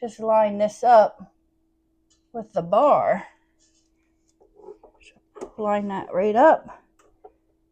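A mixer attachment is lined up with the bar on the drive shaft of a VivoHome 6 Qt 660-watt stand mixer, before it is pushed on and twisted to lock. Someone talks throughout, with a few faint, soft handling ticks in the pause around 4.3 to 5.0 seconds and near 7.0 and 7.3 seconds. Nothing has seated or clicked yet.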